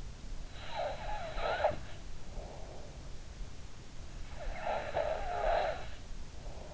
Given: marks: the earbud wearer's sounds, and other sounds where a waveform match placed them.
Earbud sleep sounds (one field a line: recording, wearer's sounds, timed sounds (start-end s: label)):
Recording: sounds in sleep by an in-ear microphone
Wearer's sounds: snoring breath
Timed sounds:
0.45-2.95 s: snoring breath
4.43-6.43 s: snoring breath